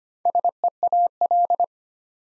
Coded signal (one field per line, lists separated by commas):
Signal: Morse code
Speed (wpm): 25 wpm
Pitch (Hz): 700 Hz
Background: none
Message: SEAL